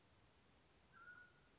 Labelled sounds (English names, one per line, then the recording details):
Mountain Quail
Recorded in Sonoma County, California